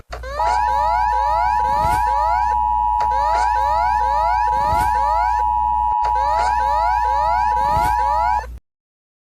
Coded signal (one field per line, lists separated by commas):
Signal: Emergency Alert System (SAME) tones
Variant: 853 and 960 Hz attention tone